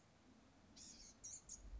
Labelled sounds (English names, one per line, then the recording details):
Blue-gray Gnatcatcher
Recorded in Sonoma County, California